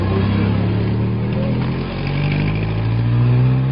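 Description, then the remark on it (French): A Biafran Red Cross truck carrying cargo on roads crowded with refugees in Biafra: its engine drones with a steady low rumble, then revs up partway through, its pitch climbing and holding at a higher, louder roar. No voices are heard. “Le lendemain de notre arrivée, un camion de la Croix-Rouge biafraise emportait notre chargement sur les routes, encombré de réfugiés.”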